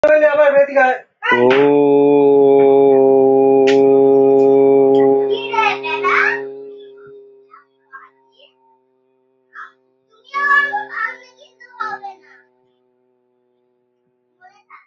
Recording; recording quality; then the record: sustained vowel as in boot; moderate, slight background noise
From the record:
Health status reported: healthy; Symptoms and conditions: none ticked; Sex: male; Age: 26 years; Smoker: not ticked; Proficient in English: yes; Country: India